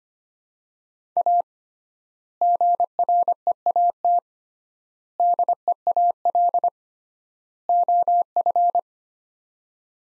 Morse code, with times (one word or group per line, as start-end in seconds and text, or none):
1.2-1.4 A
2.4-4.2 GREAT
5.2-6.7 DEAL
7.7-8.8 OF